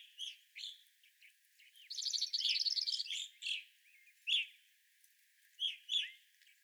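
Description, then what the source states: Evening grosbeaks giving scattered sharp chirps, with a burst of buzzy, rattling chatter around the second and third seconds, then single clear notes. Several evening grosbeaks, recorded 25 April 2021.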